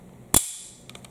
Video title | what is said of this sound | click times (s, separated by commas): AC Unity Glock Mag compatibility, Glock Gen 3 & 4 and MagPul MagWell | it is not a positive click it kind of gets there | 0.4 s